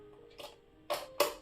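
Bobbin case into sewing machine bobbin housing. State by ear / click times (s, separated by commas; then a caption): seated / 1.2 s. A bobbin case is pushed into the bobbin housing of a pico/sewing machine with the needle raised. A faint tick at 0.4 s and a sharper one near 0.9 s lead to a bright, sharp click at 1.2 s as the bobbin case seats, confirmed as fitted.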